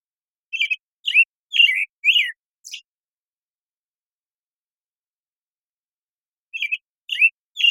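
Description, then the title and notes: American Robin song: a run of five quick caroling whistles, the last high and thin, then a long pause before three more slurred notes begin. Morning song in a very long sequence, made with a parabolic recorder and processed clean with natural pacing kept; Pacific Northwest, Washington, United States. "American Robin Morning Song. American Robin, Turdus migratorius, morning song, very long sequence, parabolic recording. Recorded in the beautiful Pacific Northwest, Washington, United States"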